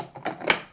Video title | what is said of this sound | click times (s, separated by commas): All in one Vacuum Anker Mach V1 Ultra - Review and Test - 2023s | cleaning head this will snap in place | 0.5 s